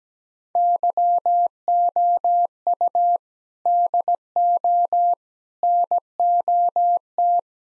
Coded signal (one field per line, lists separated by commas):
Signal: Morse code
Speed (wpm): 17 wpm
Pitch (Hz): 700 Hz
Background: none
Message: YOU DO NOT